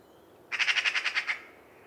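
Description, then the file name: Eurasian magpie rattling out a harsh chatter of about eight rasping notes at an even rapid pace, lasting under a second. "Pica pica"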